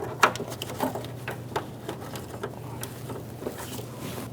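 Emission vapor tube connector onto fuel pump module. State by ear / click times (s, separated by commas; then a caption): not seated / none. A plastic emission/vapor tube quick connector is handled and pushed toward the fuel pump module of a 1997-2006 Jeep Wrangler, with sharp handling ticks and taps near 0.2, 0.4, 0.6, 1.6 and 2.8 seconds over a low steady hum. The connector has not clicked or seated yet by the end of the clip.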